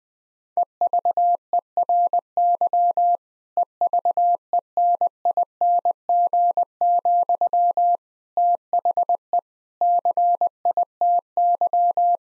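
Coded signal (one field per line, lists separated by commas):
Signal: Morse code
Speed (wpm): 20 wpm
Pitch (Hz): 700 Hz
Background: none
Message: EVERY EVENING, THE CITY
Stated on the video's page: Morse copy practice of difficult sentences with contextual hints at 20 wpm, each sentence sent in Morse code.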